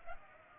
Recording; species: mosquito wingbeat signal from an infrared sensor; Culex pipiens